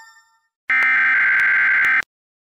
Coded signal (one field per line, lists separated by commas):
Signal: Emergency Alert System (SAME) tones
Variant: header bursts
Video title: EAS Simulator Pro - Copy from Pre-Defined, Modify and Schedule an Emergency Alert System Message